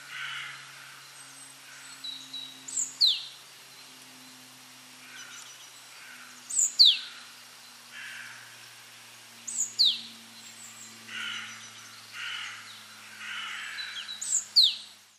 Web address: SETE data Parus major